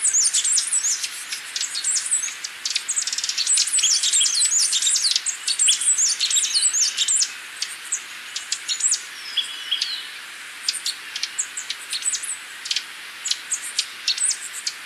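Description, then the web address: Capped Conebill giving a dense stream of very high, thin chips and ticks, busiest in the first half and then thinning to scattered notes. Recorded in Ecuador. "Natures Songs S America Birds of Ecuador 607 Capped Conebill"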